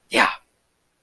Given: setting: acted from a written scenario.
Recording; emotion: vocal sound without words; elation